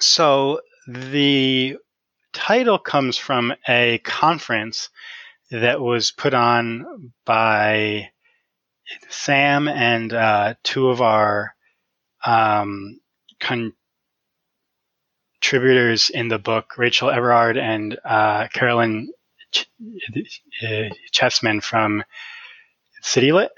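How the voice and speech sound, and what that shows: An adult man who stutters speaks with part-word repetitions, stretched sounds, frequent filler interjections ("uh", "um") and long silent blocks before words.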